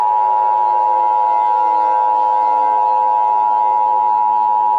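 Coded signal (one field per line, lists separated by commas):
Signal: Emergency Alert System (SAME) tones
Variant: 853 and 960 Hz attention tone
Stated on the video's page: Fictional EAS scenario, a loud New Year's special.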